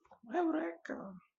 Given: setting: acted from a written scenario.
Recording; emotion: vocal sound without words; realization